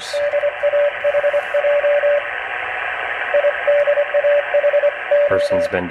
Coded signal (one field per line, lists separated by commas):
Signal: Morse code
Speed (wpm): 24 wpm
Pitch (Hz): 580 Hz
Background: speech, radio noise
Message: DAHJ IDAHO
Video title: Tymkrs Ham Shack